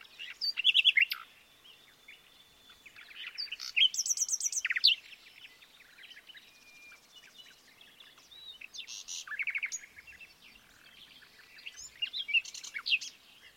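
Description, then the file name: Common nightingale song in loud bursts of rich phrases, rapid rattles and clear whistles, separated by quieter pauses. "Luscinia megarhynchos"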